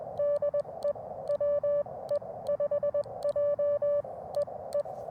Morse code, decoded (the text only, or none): DE WE5J E E